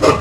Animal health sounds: pig call; growing-finishing pig (85 days or more)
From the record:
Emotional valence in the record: positive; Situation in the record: run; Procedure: transit

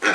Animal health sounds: pig call; piglet (1 to 25 days)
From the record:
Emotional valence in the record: negative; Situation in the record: missed nursing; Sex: male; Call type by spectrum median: low-frequency call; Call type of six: low-frequency modulated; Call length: 0.15 s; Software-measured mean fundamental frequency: 130 Hz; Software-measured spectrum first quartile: 1046 Hz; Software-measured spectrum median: 1538 Hz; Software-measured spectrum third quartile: 2288 Hz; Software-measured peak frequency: 1525 Hz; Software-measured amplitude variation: 126 dB a second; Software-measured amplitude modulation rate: 9.8 a second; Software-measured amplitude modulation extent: 12.9 dB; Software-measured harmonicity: 0.3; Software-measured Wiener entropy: -0.95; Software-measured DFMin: 952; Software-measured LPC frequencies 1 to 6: 558, 1463, 2429, 3344, 5667, 6159 Hz

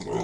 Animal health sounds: pig call; weaner (32 to 43 days)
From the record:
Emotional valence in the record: negative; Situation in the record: long isolation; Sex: female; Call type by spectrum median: low-frequency call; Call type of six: low-frequency modulated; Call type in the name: low-frequency modulated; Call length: 0.24 s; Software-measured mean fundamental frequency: 54 Hz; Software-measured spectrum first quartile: 329 Hz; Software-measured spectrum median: 501 Hz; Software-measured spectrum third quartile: 1212 Hz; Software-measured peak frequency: 388 Hz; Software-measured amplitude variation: 127 dB a second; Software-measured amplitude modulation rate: 16.6 a second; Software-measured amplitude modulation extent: 7.6 dB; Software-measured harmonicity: 3.8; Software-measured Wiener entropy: -1.07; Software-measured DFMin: 856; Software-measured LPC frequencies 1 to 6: 422, 912, 2018, 2923, 3622, 4463 Hz

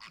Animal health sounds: pig call; piglet (1 to 25 days)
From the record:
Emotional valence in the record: positive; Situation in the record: reunion after long isolation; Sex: female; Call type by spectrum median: high-frequency call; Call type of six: low-frequency tonal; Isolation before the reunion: 8 minutes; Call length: 0.11 s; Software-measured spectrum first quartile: 1562 Hz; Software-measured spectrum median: 2541 Hz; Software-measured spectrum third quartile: 4234 Hz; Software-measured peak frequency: 1127 Hz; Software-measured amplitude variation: 37 dB a second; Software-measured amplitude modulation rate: 4.7 a second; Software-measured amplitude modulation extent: 7.9 dB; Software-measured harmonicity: 0.1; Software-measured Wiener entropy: -1.40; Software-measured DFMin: 768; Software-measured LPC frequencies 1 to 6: 1126, 2023, 2644, 3452, 4499, 5102 Hz

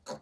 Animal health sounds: pig call; piglet (1 to 25 days)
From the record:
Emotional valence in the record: negative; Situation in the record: restrain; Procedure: back test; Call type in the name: low-frequency call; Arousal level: medium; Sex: female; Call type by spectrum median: low-frequency call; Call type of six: low-frequency modulated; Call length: 0.22 s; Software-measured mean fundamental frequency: 105 Hz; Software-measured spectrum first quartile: 578 Hz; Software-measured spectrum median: 1405 Hz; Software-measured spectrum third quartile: 6809 Hz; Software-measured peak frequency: 529 Hz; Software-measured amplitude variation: 268 dB a second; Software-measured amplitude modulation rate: 6.8 a second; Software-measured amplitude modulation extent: 39.5 dB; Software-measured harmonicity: 1.2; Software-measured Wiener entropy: -2.97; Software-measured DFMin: 1275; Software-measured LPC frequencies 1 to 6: 610, 4042, 4416, 5377, 6597, 7635 Hz

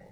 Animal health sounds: pig call; piglet (1 to 25 days)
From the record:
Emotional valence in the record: positive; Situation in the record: reunion after long isolation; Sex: female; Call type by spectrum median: low-frequency call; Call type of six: low-frequency stable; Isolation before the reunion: 8 minutes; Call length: 0.12 s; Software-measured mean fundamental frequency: 56 Hz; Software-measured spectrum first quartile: 169 Hz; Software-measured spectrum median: 443 Hz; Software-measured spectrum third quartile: 771 Hz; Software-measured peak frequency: 172 Hz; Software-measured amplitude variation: 116 dB a second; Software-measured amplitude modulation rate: 21.3 a second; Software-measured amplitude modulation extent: 5.5 dB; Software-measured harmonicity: 1.5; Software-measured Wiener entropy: -0.10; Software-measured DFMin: 881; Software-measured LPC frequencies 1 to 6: 604, 1955, 3933, 5567, 6870, 7891 Hz

